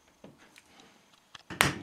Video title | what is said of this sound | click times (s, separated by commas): Repairing the VDO speedometer of a Porsche 944 | Aha, jetzt ist ja erstmal in die erste Rastung eingerastet. So, das heißt, der Ring sitzt jetzt wieder. | 1.6 s